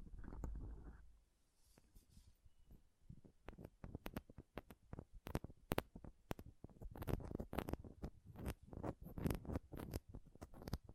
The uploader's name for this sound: Intense Mic Scratching & Touching Close-Up Mic Sounds